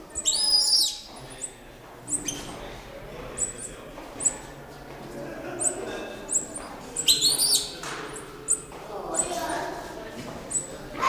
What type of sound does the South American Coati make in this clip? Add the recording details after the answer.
aggressive call. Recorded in captivity. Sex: pair. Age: adult. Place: Zoo Halle, Sachsen-Anhalt, DE. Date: 1995-04-09 15:45. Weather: cloudy, ca. 10°C. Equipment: Marantz CP 430, Sennheiser ME 80, Kopie Uher 4000 Report Monitor. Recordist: Tembrock, Günter